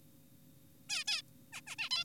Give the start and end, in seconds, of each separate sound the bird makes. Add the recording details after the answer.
0.90-1.04, 1.08-1.22, 1.53-1.61, 1.67-1.76, 1.79-1.90, 1.91-2.04. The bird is an adult. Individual g4p5U